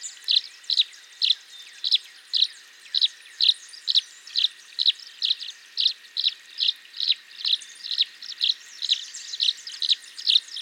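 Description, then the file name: Tree swallow calls: an even, steady sequence of clipped high chirps, about two per second, with faint twitters in the background. "Tachycineta bicolor - Tree Swallow"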